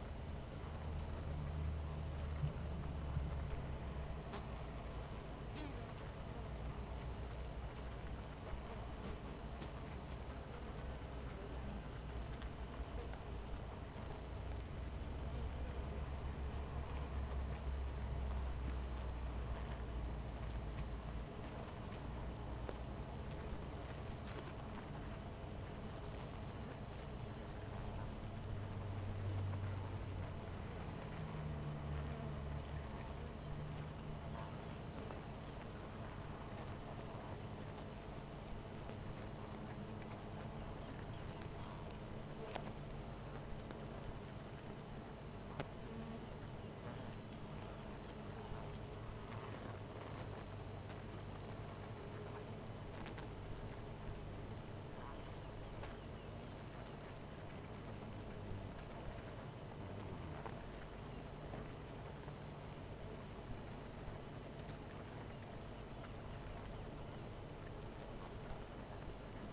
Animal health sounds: honeybee colony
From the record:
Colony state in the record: missing queen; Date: 14 July 2017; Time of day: 18:12

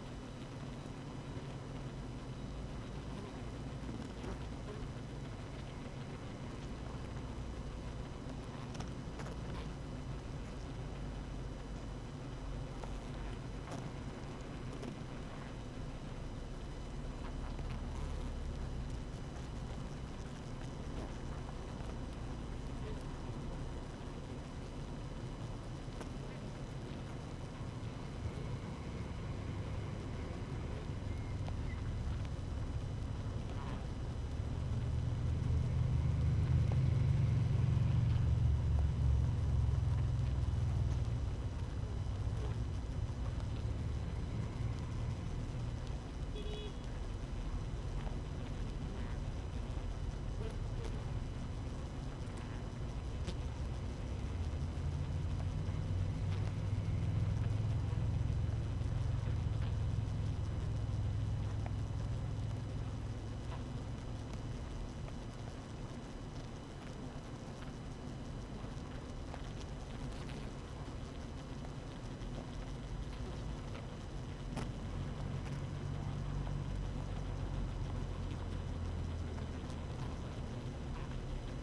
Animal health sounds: honeybee colony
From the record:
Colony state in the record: active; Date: 12 June 2018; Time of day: 6:50

